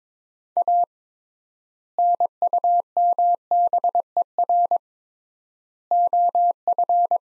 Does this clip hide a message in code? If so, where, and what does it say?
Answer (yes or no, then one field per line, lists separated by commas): yes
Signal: Morse code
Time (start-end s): 0.6-7.2 s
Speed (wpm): 22 wpm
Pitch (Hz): 700 Hz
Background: none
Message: A NUMBER OF